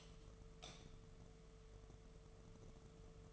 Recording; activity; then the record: daily activity, microphone in the room; light off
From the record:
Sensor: 4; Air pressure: 1015.4 hPa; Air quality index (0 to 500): 170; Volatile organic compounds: 7 ppm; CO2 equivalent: 1968 ppm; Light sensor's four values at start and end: 17/42/17/17 and 17/39/16/16